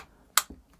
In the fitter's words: and it clicks in nice positive click